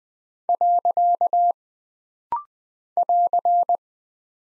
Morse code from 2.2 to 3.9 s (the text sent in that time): <AR>